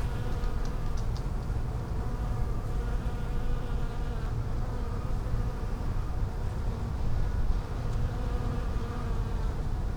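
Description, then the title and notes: Bees buzzing in a dense, steady hum with overlapping tones, a few faint clicks early on and low rumble underneath. Bees in lavender in a hospital's palliative care garden in Brussels, Belgium; peaceful spot away from other pavilions; recorded with Sony PCM-M10 internal microphones. "Hôpital Brugmann, Place Arthur Van Gehuchten, Bruxelles, Belgique - bees in the palliative care services garden. Bees in the lavender from the palliative care service's garden. Abeilles dans la lavande, jardin du service de soins palliatifs"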